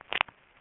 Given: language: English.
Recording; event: throat vibration sensor signal played as sound; swallow